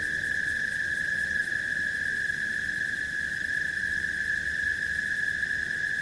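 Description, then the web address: Cicada song: a steady, high-pitched continuous drone held without a break, with faint higher overtones above it. "цикады"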